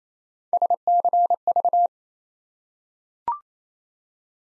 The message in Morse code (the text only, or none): SCV